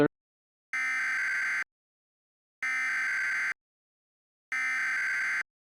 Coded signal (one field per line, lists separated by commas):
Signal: Emergency Alert System (SAME) tones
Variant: header bursts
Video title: Monster After Dark [EAS MOCK]